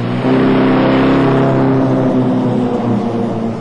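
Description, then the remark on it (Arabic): A car engine revs hard with a steady, loud roar, its pitch shifting as it pulls away, no voices over it. “بسيطة، بتلاقيه مش تعبان في حق السيارة ولا أصلا تعبان في حياته.”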